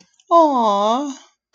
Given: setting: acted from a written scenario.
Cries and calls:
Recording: vocal sound without words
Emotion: adoration

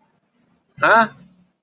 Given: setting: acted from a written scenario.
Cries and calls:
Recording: vocal sound without words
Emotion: confusion

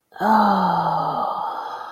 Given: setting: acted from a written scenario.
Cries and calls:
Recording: vocal sound without words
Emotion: ecstasy

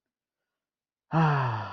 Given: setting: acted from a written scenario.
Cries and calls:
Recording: vocal sound without words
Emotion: relief

